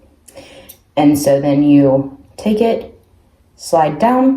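A steel scalpel blade is being slid down onto a metal scalpel handle while someone talks. Only faint handling noise is heard beneath the voice, and the blade has not yet clicked or locked onto the handle.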